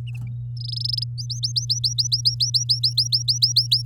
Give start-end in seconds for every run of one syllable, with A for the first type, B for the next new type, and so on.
0.57-1.04 A, 1.18-3.82 B